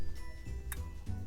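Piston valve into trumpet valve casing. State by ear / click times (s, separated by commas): seated / 0.7 s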